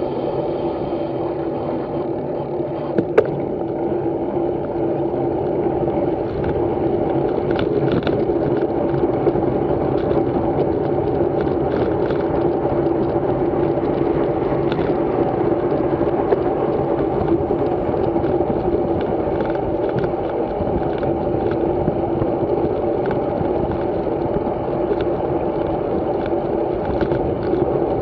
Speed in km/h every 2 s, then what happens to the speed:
22, 25, 27, 29, 33, 31, 33, 29, 31, 31, 35, 29, 30, 30.
0-7 speeds up to 33. 7-28 steady at about 31.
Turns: none.